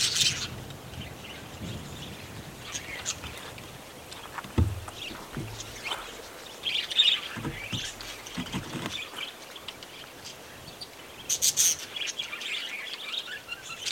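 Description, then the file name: Budgerigar chirps and warbles scattered throughout, softer and more spaced, with some low knocking sounds in the middle. Budgerigars near Gosses Bluff, Northern Territory. "BIRD-budgies-nr-gosses-bluff nt"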